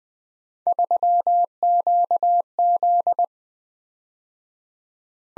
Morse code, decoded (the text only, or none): 3QZ